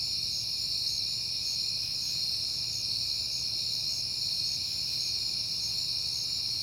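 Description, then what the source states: Shrill cricket chorus, constant and dense, with a higher chirp pulsing evenly over a soft low background rumble. Recorded on a peaceful night in September.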